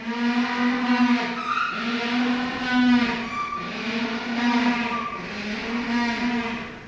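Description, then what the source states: Humboldt penguin braying, a series of harsh, drawn-out harmonic honks repeated for several seconds. Captive birds recorded at the Woodland Park Zoo in Seattle; their taped sounds are incredibly rare.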